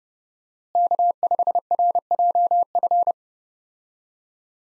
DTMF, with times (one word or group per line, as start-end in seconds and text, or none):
none